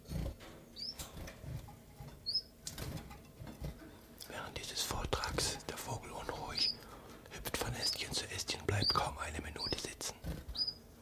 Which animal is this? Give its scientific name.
Phylloscopus collybita